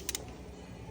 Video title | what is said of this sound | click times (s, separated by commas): 2015 Volvo S60 cylinder head replacement | like I say he's following the torque sequence get a click and now he's a click | 0.1 s